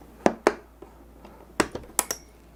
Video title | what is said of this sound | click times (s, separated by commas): Live Stream on Testing Motherboards Prior to Installing in a Case - Stream Episode #6 - Replay | Now I heard them both snap, so that's a better sign to it. | 1.6 s, 2.0 s